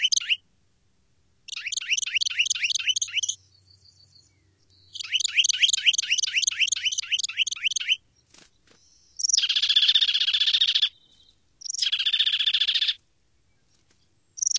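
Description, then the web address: Juniper titmouse song: rapid trills of sharp downslurred notes in bursts, followed by harsher buzzy chattering bursts, with short pauses between. "Songs of Birds of North America Stokes. Juniper Titmouse"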